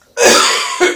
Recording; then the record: coughing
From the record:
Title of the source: Spring Cold Coughing 2